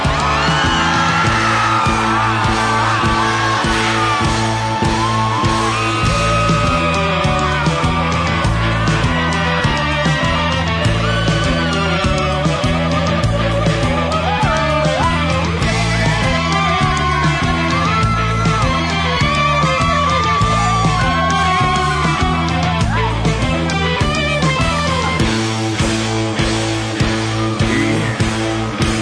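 A loud live rock song plays steadily, with a driving, repeating bass line and full band, while yells and whoops from a crowd rise over the music.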